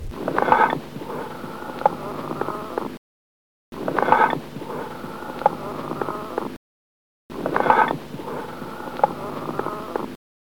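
Amphoric breath sounds heard over an adult chest with a stethoscope: a hollow, resonant, jug-like breathing sound, with three breath cycles separated by short pauses.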